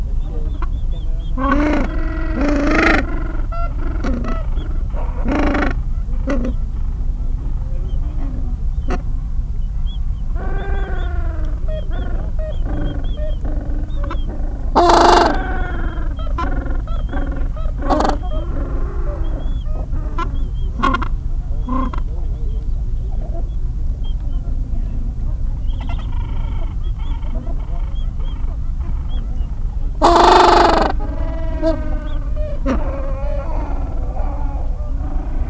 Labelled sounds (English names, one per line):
Gentoo Penguin